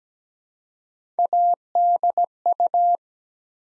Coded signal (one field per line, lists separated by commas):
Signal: Morse code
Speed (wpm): 17 wpm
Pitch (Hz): 700 Hz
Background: none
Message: ADU